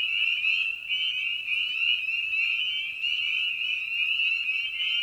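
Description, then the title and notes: A full spring peeper chorus, high sweet rising peeps overlapping continuously, the massed sound swelling and dipping slightly. Evening at a frog pond; presented in a modified format intended as a sleep aid. "Night of the Peepers. Spring Peeper (Pseudacris crucifer). Ian Carlsen"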